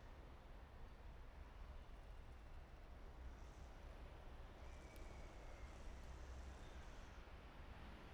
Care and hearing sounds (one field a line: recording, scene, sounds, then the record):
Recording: everyday scene through a hearing-aid microphone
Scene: in traffic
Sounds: traffic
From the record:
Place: main city hub, rush hour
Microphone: behind the ear, right, front